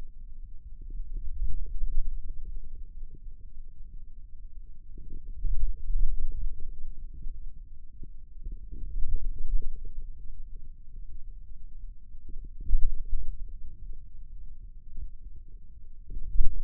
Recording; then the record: forearm muscle sounds (acoustic myography)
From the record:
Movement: ulnar deviation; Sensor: system 2, bracelet of six BSWA MPA416 microphones around the upper forearm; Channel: 6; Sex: male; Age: 22 years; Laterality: right